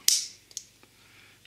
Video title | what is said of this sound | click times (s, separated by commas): Spyderco Southard Flipper - Carbon Fiber Scale Modification | snaps right in | 0.1 s